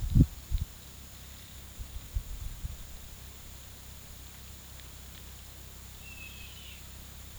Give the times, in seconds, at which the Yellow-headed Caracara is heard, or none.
6.04-6.75